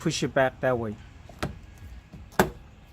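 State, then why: Seated. A part of the window regulator on a 1996 Honda Civic is pushed back into its mount inside the car door while someone talks. Two sharp hits follow, a lighter one at 1.4 s and a louder one at 2.4 s, when the part locks into place. It is seated and locked.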